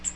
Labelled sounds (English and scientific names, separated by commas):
Cape May Warbler (Setophaga tigrina) flight call